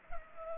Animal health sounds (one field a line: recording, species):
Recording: mosquito wingbeat signal from an infrared sensor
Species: Culex pipiens